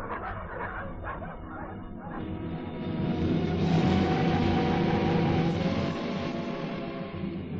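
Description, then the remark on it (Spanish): A dog barks and yips frantically in rapid bursts in the darkness, the noise swelling into a dense, chaotic din of overlapping yelps and squeals, mingled with the squealing of pigs, that stays loud to the end. “Nunca supo cuánto tiempo duró aquel alboroto en el que se confundían los desesperados ladridos del perro con los chillidos de los cerdos y un gran caos de patos y gallinas.”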